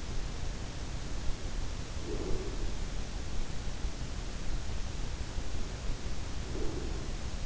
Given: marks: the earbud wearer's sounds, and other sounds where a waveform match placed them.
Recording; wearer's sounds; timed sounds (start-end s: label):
sounds in sleep by an in-ear microphone; breath
1.97-2.93 s: breath
6.32-7.46 s: breath